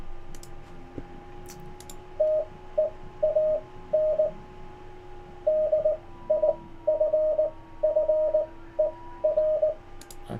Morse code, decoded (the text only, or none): TEAN DIFFER